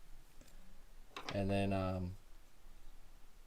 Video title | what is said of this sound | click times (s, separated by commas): Mazda Key Fob Battery Replacement | thing with this you just hear a little click and you know it's in there solid | 1.2 s